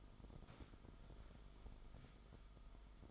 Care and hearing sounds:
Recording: daily activity, microphone in the room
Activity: sit down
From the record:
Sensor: 5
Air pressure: 1005.1 hPa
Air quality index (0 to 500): 107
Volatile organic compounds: 2 ppm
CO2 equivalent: 1308 ppm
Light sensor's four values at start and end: 34/79/32/30 and 34/79/32/30

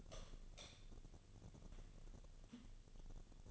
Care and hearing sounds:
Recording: daily activity, microphone in the room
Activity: light on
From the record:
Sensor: 4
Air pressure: 1000.9 hPa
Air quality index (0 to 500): 126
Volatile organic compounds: 1 ppm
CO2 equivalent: 948 ppm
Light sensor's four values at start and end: 38/92/39/42 and 40/102/42/47

